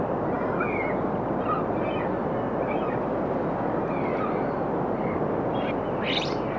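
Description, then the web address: Birds giving brief whistled chirps scattered throughout, ending in a sharper burst, all over heavy, continuous surf noise. Birds on a rocky shoreline. "Dr Sound Effects Birds On a Rocky Shoreline"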